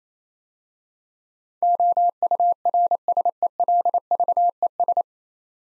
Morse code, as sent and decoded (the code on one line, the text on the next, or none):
--- ..- .-. ... . .-.. ...- . ...
OURSELVES